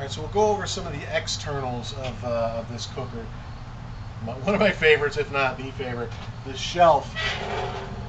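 Someone talks over a steady low hum while handling the folding expanded-metal, solid-steel front shelf, about 14 to 16 inches deep, on the front bracket of a Lang smoker. The shelf is being handled but has not yet locked into its up position, and nothing has seated or clicked yet.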